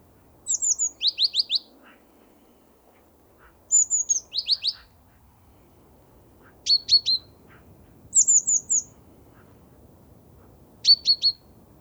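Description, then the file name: Great tit calling repeatedly: groups of very high thin notes and fast bursts of lower sharp notes, every few seconds. "Parus major"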